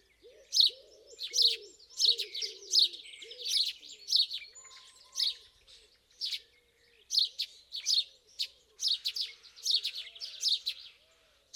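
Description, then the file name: House sparrow chattering, loud chirps in uneven clusters, over a steady background of low arched cooing notes from pigeons. "Passer domesticus"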